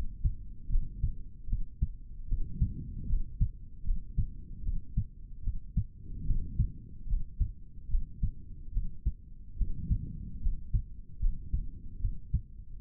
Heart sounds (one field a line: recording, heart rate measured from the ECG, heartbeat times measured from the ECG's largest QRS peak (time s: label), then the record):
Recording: heart sounds by stethoscope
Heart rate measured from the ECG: 74 bpm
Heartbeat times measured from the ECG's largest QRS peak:
0.69 s: heartbeat
1.47 s: heartbeat
2.27 s: heartbeat
3.07 s: heartbeat
3.84 s: heartbeat
4.62 s: heartbeat
5.42 s: heartbeat
6.25 s: heartbeat
7.07 s: heartbeat
7.88 s: heartbeat
8.72 s: heartbeat
9.56 s: heartbeat
10.40 s: heartbeat
11.20 s: heartbeat
11.99 s: heartbeat
12.79 s: heartbeat
From the record:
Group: healthy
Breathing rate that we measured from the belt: 17 breaths a minute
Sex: male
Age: 55 years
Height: 167 cm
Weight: 57.2 kg